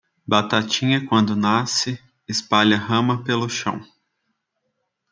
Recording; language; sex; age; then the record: short text; Brazilian Portuguese; male; 20 to 29 years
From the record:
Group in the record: control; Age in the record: 25 years